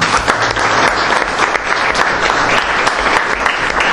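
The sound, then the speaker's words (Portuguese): A crowd claps steadily for four seconds as a team member is introduced at a PSD candidate's team presentation, a dense, even wash of many hands with no voices rising above it. “Peço uma salva de palmas.”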